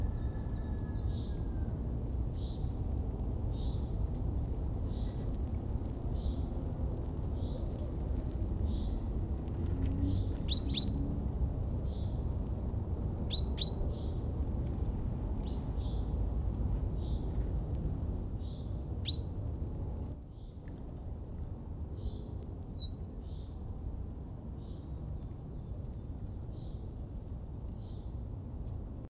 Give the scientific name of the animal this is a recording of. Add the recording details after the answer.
Parus major. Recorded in the wild. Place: Hafling, Bozen, IT. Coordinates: 46.6544, 11.2206. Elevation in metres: 1377. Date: 1981-03-25. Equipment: Uher 4000 Report, Sennheiser MKH 815 T. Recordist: Tretzel, Erwin. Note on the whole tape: Wald hinter Gasthof, Hafling, Italien: Ruf "pink"